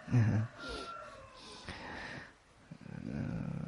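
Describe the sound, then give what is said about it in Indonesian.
A voice mimics snoring with a loud, rough snort at the start, then a stretch of raspy breathy sound that ends in a low, rattling, rhythmic drone. “Maka dia akan langsung ngorok seketika.”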